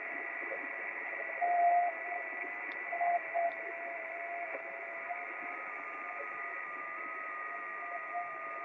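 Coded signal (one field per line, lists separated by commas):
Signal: FT8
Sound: several faint steady warbling tones under receiver hiss, with brief louder tone bits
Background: radio static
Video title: FT8 reception by VU3BOJ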